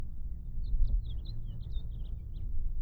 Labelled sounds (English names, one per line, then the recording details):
House Finch song
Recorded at Atlantic Beach West on Long Island, New York, on 2 June 1975
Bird A